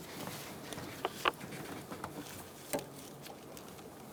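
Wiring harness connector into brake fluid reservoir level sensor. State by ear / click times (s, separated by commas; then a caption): not seated / none. A wiring harness connector is pushed in by hand toward the brake fluid reservoir level sensor on a new master cylinder of a 2002-2006 Toyota Camry. Short plastic handling taps sound at about 1.1, 1.3 and 2.7 seconds over a faint background hiss. The connector has not clicked or seated yet.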